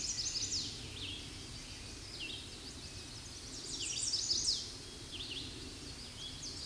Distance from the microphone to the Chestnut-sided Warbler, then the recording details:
about 25 m. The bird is about 15 m above the microphone. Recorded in a Pennsylvania forest on 16 May 2024 at 07:12. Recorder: AudioMoth, point MSD-2208. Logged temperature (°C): 15.2 °C. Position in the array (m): 130 m, 96 m